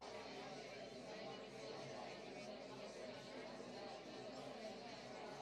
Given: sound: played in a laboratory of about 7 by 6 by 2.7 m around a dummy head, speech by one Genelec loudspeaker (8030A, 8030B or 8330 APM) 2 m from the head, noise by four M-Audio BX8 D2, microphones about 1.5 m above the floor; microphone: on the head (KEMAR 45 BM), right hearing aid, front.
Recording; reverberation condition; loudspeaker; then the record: babble noise; low; four, about 170 cm from the corners of the room and facing them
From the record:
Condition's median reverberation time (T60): about 310 ms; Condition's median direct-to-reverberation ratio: about 3.5 dB